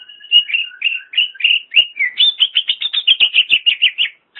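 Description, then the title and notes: Greater green leafbird singing varied, rich whistled phrases, first slurred warbles, then a quick run of sharp, repeated chattering notes. Long-duration birdsong. "Suara Kicauan Burung Cucak Ijo Durasi Panjang"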